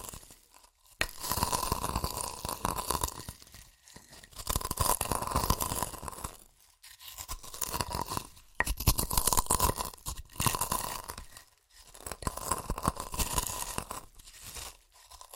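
Crunchy chips being crushed and eaten in repeated bursts of dense, crackly noise, each lasting one to two seconds with short quiet gaps between. The crackling is bright and gritty, with sharp snaps at the start of several bursts, and the rhythm stays fairly regular throughout.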